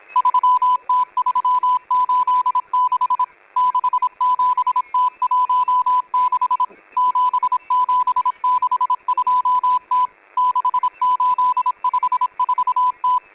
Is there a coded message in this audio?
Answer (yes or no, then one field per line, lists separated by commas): yes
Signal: Morse code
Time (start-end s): 0.2-13.2 s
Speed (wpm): 27 wpm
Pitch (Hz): 1000 Hz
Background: none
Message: 3T386 67T16 7762T 6854T